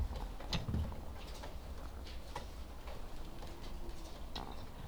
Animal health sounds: poultry house recording; sick chickens (respiratory disease)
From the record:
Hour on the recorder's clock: 17

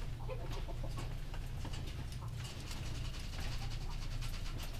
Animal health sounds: poultry house recording; healthy chickens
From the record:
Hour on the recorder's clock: 19

